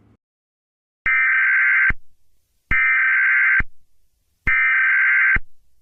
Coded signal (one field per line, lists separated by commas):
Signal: Emergency Alert System (SAME) tones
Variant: header bursts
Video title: Eas scenario 8: Fortnite Ranks